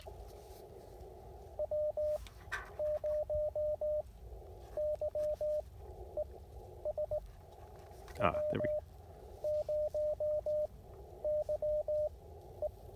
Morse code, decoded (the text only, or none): W0YES W0YE